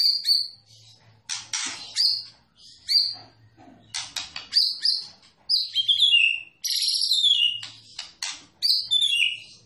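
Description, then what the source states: White-rumped shama song of varied phrases: clear whistles, sliding notes and harsh scratchy bursts, broken by short pauses. Champion white-rumped shama; masteran, a training recording for songbirds to learn from.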